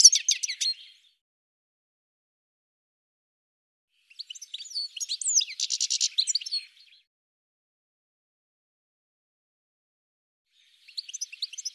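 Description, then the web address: Bird chirping in short bursts of high twittering notes and a buzzy trill, separated by long silent gaps. "cianscape birddata"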